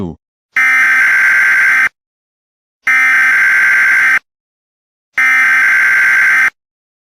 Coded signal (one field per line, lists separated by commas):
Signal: Emergency Alert System (SAME) tones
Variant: header bursts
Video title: Fire Skeleton Bro Kills The EAS Reporter/Grounded